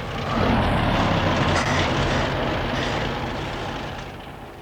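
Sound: bus driving away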